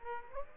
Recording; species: mosquito wingbeat signal from an infrared sensor; Aedes aegypti